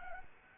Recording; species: mosquito wingbeat signal from an infrared sensor; Anopheles arabiensis